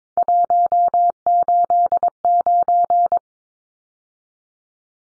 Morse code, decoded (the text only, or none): 189